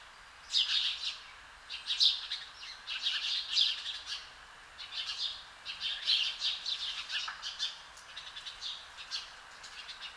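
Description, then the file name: House sparrow calling with scattered, harsh chirps, some paired, irregularly spaced over the whole stretch. "Passer domesticus"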